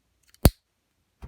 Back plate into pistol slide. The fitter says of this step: and you'll hear it click into place when i push it all the way up